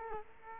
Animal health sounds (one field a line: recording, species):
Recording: mosquito wingbeat signal from an infrared sensor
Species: Culex quinquefasciatus